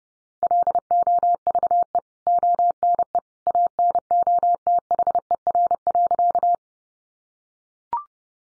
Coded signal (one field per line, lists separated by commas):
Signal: Morse code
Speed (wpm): 30 wpm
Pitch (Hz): 700 Hz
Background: none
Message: LOVE ONE ANOTHER.